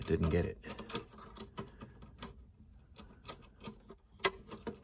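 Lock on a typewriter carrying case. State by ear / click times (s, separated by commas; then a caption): released / 4.2 s. A pick turns the metal lock mechanism on the carrying case of a Hermes 3000 typewriter, making small scraping ticks as someone talks. At 4.3 s a sharp click sounds as the bolt throws open, and the case lock is released.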